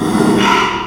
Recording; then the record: squeal of a Yucatan mini pig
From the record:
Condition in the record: after surgery on the right vocal fold (resection and tissue-engineered implant); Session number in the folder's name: 1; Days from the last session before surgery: 6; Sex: male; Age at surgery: 12 weeks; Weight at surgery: 13 kg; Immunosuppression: cyclosporine, prednisolone